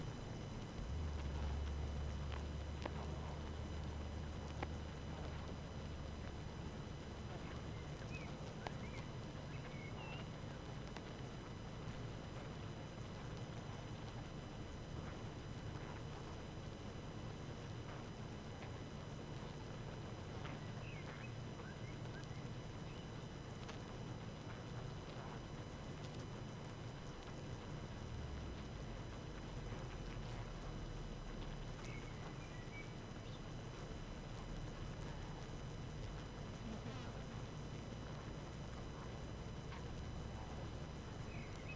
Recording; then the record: honeybee colony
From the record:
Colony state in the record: active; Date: 12 June 2018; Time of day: 19:00